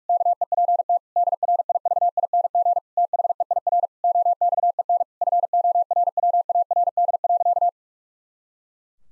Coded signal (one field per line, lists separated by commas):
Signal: Morse code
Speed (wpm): 41 wpm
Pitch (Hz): 700 Hz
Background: none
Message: KEPT DRIVING THEIR OXEN FORWARD.